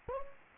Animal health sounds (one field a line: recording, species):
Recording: mosquito wingbeat signal from an infrared sensor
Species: Anopheles gambiae